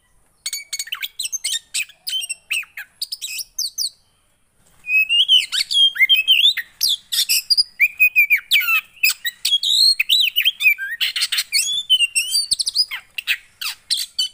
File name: Burung kacer anda langsung emosi dengar ini